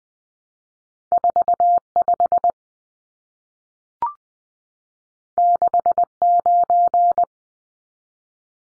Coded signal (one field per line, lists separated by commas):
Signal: Morse code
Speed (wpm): 20 wpm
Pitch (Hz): 700 Hz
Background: none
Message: 45 69